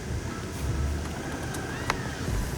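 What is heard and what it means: A plastic cover is pushed fairly hard back into a Corolla car door panel during a repair of a sticky, slow window, over a steady low rumble. A single sharp click at 1.9 s marks the cover snapping in and seating.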